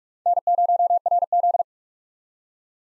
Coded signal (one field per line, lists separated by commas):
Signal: Morse code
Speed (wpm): 43 wpm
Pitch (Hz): 700 Hz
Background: none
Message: N0RZ